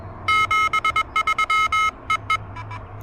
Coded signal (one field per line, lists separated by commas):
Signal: Morse code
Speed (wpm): 21 wpm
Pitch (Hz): 1280 Hz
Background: none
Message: 73 EE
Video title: Pedestrian Mobile POTA Hunting: Testing the new TinyPaddle KH1 Adapter and Working with Urban QRM!